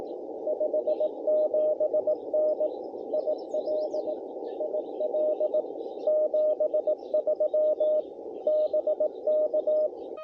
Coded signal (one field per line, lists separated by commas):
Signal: Morse code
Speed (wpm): 20 wpm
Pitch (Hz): 610 Hz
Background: none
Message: 57N IL IL 73 BK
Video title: CW POTA W/Elecraft KH1